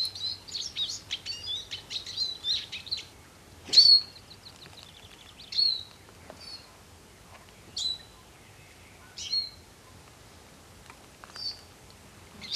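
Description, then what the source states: Eurasian siskin song: quick high twitter for three seconds, then separate sharp notes every one to two seconds over quiet background. Song is a modest, fast, taut twittering that repeats itself with a swing; one of Finland's most common winter birds.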